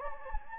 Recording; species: mosquito wingbeat signal from an infrared sensor; Anopheles gambiae